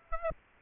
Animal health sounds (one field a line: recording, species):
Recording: mosquito wingbeat signal from an infrared sensor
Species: Aedes aegypti